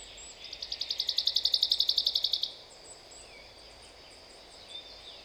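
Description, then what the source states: Common chaffinch song: a fast, even run of many bright repeated notes lasting about two seconds, then quiet. Recorded at Glashütte, Germany, on 5 June 2015.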